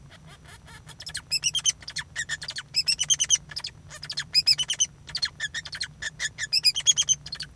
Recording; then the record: song of a male Bengalese finch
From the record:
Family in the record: son of father 2